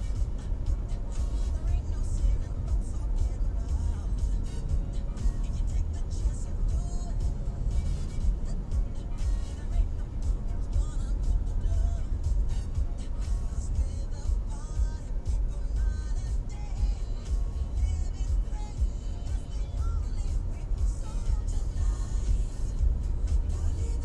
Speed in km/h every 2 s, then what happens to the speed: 33, 30, 29, 30, 29, 25, 24, 24, 25, 27, 30, 33.
0-14 slows to 24. 14-24 speeds up to 33.